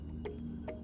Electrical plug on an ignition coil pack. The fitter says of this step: all you do is flick them off and they'll come straight off same with this one flick it you head the click